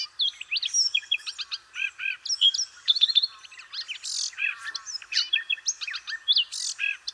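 Redthroat song, a jumbled run of high chirps, whistles and buzzy notes with scarcely a pause.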